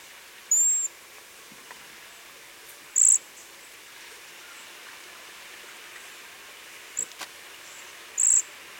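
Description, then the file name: Cedar waxwing calls: high, thin, sibilant notes, the first slightly longer, followed by three more brief high calls at irregular intervals. "Bombycilla cedrorum - Cedar Waxwing"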